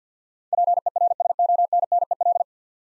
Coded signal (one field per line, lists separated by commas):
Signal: Morse code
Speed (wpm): 50 wpm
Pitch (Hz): 700 Hz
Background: none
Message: PERSONNEL